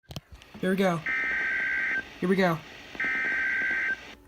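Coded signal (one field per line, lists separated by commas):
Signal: Emergency Alert System (SAME) tones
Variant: header bursts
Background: speech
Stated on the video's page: SAME tones from NOAA weather radio for a Local Area Emergency.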